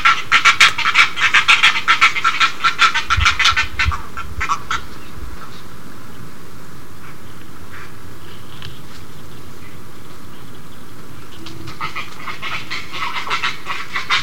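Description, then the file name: Great egret giving rapid, harsh, panting calls for about five seconds. A quiet pause follows, then the calls resume near the end. "kotuku"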